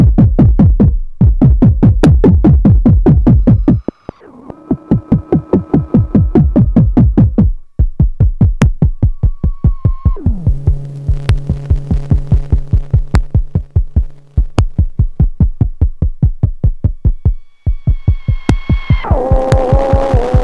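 Hard, sharp blips tick at a fast, even rate through the whole stretch, layered over shifting sustained tones. A low rumble fills the first few seconds, then steady pitched drones step down and later jump up near the end, changing every few seconds.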